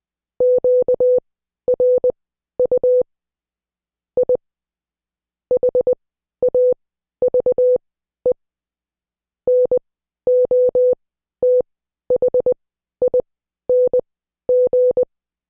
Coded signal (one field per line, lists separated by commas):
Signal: Morse code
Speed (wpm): 20 wpm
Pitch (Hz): 500 Hz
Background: none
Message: QRU I HAVE NOTHING